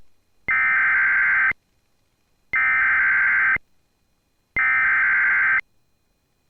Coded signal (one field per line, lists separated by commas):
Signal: Emergency Alert System (SAME) tones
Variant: header bursts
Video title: When the lake gets more action than the land... || EAS Alerts from June 25, 2024 (EAS #2,894-2,898)